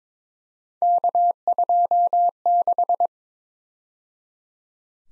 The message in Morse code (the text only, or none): K26